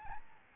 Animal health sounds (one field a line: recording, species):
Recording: mosquito wingbeat signal from an infrared sensor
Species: Aedes albopictus